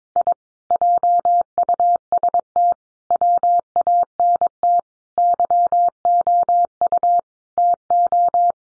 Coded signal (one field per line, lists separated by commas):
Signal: Morse code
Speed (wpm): 22 wpm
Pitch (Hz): 700 Hz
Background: none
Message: I JUST WANT YOU TO